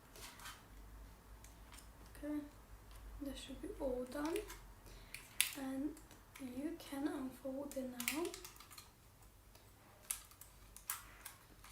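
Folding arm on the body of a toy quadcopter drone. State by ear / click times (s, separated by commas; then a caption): seated / 10.1 s, 10.9 s. Someone talks while unfolding the plastic arms on the body of a foldable toy quadcopter camera drone (1080p). Sharp little clicks at 10.1 s and 10.9 s mark arms locking into the unfolded position, where each one stays in place.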